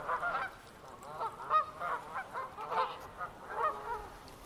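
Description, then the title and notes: Canada goose: Canada geese giving nasal honks in uneven bursts, several birds calling over one another. Flock of about 300 beginning an evening chorus on a stretch of the River Wye in Herefordshire, recorded while paddleboarding. "a stretch of the River Wye in Herefordshire, where a flock of about 300 Canada geese begin an extraordinary evening chorus"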